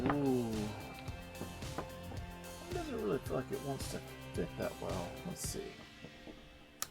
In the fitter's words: Okay, so it just snaps into place.